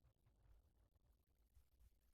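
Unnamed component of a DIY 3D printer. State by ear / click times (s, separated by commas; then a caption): not seated / none. A component of a DIY 3D printer that was not fully seated is being handled during assembly. Only faint low rumble and soft handling noise are heard, with no distinct click. Nothing has seated or clicked yet.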